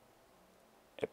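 A plastic front cover hinge on a Mitsubishi MSZ FS mini-split ductless heater is pulled out of its socket by hand. After about a second of quiet, two sharp clicks sound at 0.99 s and 1.0 s as the hinge pops out. The hinge is released from the socket.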